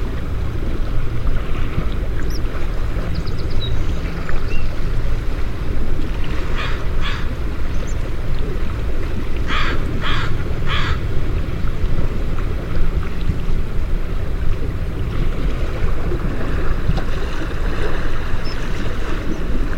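Sounds of nature with a steady, dense low roar that holds at an even level throughout, like wind or a droning motor. Short bright knocks stand out in two small clusters, around seven seconds and again near ten seconds.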